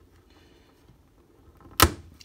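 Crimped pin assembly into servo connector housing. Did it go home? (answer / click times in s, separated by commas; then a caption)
yes / 1.8 s. A crimped pin assembly is given an extra push into a plastic servo connector housing. After a few faint clicks, it snaps fully home with one loud, sharp click at 1.8 s and is seated all the way in. No one talks in this clip.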